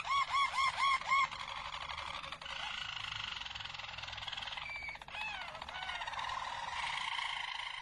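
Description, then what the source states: Harz Roller canary song opening with five loud arched notes, followed by quieter continuous rolling and a few slurred whistles. Harz Roller canary song, called the Belgian canary in the Portuguese source.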